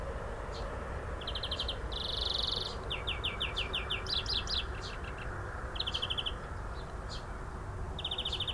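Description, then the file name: European greenfinch calling with rapid twittering trills and short runs of repeated chirps, several bursts throughout over a steady low rumble of background noise. "Chloris chloris"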